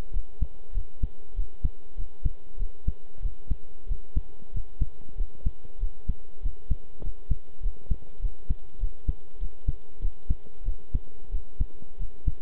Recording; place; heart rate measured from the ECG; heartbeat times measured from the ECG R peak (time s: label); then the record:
heart sounds by stethoscope; between the tricuspid and mitral areas; 96 bpm
0.13 s: heartbeat
0.74 s: heartbeat
1.35 s: heartbeat
1.97 s: heartbeat
2.58 s: heartbeat
3.22 s: heartbeat
3.88 s: heartbeat
4.53 s: heartbeat
5.17 s: heartbeat
5.80 s: heartbeat
6.42 s: heartbeat
7.03 s: heartbeat
7.62 s: heartbeat
8.21 s: heartbeat
8.80 s: heartbeat
9.40 s: heartbeat
10.01 s: heartbeat
10.65 s: heartbeat
11.31 s: heartbeat
11.99 s: heartbeat
From the record:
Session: pedaling a stationary bicycle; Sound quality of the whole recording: good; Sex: male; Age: 23 years